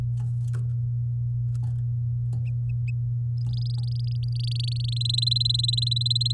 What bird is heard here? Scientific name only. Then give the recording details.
Serinus canaria. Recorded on 9 May 2018 at 13:15. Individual llb16